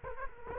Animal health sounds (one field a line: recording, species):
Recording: mosquito wingbeat signal from an infrared sensor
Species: Culex quinquefasciatus